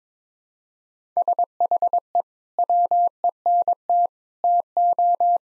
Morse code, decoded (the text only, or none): SHE WENT TO